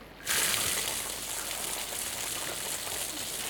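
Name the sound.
water gushing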